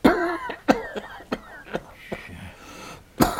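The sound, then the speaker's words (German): A person coughs on request during a doctor's chest examination, several times at uneven intervals: a rough, throaty first cough, then a string of shorter, quieter hacks, and one last sharp, loud cough. “Husten.”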